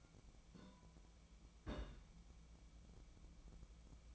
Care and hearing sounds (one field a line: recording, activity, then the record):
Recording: daily activity, microphone in the room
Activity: place on stove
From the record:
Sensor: 1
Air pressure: 1010.0 hPa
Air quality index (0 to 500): 186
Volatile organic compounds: 16 ppm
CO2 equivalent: 2554 ppm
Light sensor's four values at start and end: 38/97/41/50 and 38/98/41/50